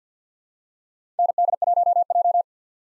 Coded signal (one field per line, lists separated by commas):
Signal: Morse code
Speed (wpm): 50 wpm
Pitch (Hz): 700 Hz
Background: none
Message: ND1J